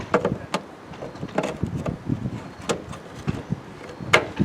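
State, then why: Seated. A plastic bulb socket fitted with an LED bulb is put back into the tail light lens housing of a 2016 Chevy Silverado pickup and turned to the right. Several short knocks and plastic taps are heard as it is handled. The socket locks into place with the loudest sharp click at 4.1 s.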